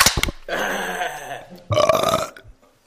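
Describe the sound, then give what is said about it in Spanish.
A loud, exaggerated burp, drawn out into two long, rumbling guttural bursts with a raspy, buzzing tone, the second one louder, then silence. No talking. “El ventilador gutural.”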